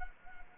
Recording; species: mosquito wingbeat signal from an infrared sensor; Culex quinquefasciatus